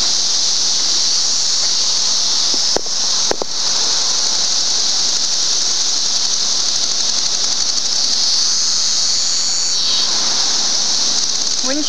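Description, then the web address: Cicadas calling: a continuous, loud, hissing drone held steadily throughout, with a couple of short clicks early on. Recorded in June 2004. "fleur cicadas"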